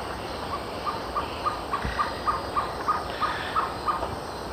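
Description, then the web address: Violaceous trogon singing a rapid run of short, level hooting notes, roughly three per second, over a constant hiss with a brief low thump midway. Male; eastern lowlands of South America. "Natures Songs S America Eastern Lowlands Trogon violaceus, song male"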